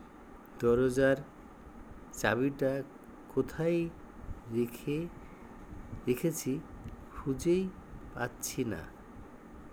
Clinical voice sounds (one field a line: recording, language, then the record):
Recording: elicited speech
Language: Bengali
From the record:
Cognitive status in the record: dementia